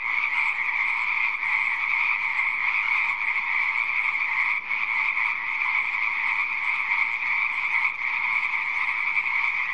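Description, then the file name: Frogs calling in a dense, unbroken chorus, a steady mass of overlapping croaks held at two pitches for the whole ten seconds. "audio hero Frog"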